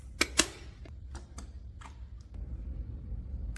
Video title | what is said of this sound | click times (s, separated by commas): Robot Vacuum Cleaner Robot Vacuum and Mop Combo | in here until it clicks. Okay. | 0.2 s, 0.4 s